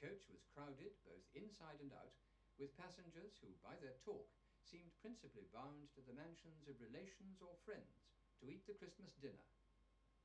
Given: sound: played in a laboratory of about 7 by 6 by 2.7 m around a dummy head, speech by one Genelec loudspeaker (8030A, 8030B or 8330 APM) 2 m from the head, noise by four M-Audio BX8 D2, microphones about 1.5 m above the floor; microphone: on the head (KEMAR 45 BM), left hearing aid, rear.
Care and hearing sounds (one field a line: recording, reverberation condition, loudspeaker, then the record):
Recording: male speech in English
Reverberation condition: low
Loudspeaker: in front (0 degrees)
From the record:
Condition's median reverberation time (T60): about 310 ms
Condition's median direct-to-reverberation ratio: about 3.5 dB